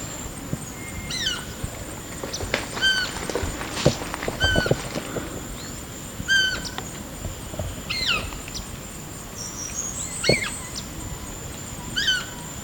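Blue-naped parrot calling with a series of short, downward-sliding squawks, spaced about every one to two seconds, over low rumbling noise and a steady high hiss.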